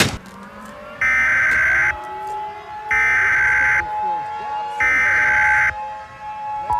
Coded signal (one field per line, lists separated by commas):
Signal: Emergency Alert System (SAME) tones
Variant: header bursts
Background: speech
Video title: The Beast In the Mountains (EAS Scenario)